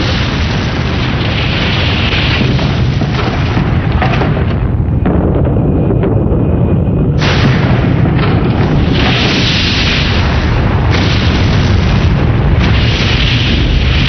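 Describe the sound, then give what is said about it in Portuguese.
An explosion shockwave: a sustained, loud roaring blast with deep rumbling low end, broken by a brief dip before the noise surges back in a heavy, continuous wall of sound. “Assim que houve a explosão, eu fui jogada para o outro lado da sala.”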